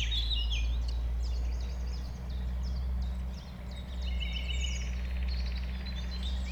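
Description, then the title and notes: Common nightingale song with varied chirps and a fast rattling trill late in the phrase, other birdsong alongside and a loud droning rumble throughout. A nightingale settled with a few others on the banks of a stream forming a pond 1500 m from the A20, recorded around 8 am on Sunday 12 April. "Un Rossignol Envers Et Contre Tout. un rossignol venu avec quelques autres s'installer sur les rives d'un ruisseau formant un étang à 1500 mètres de l'A 20. Ces moments ont été enregistrés vers 8h le dimanche 12 avril"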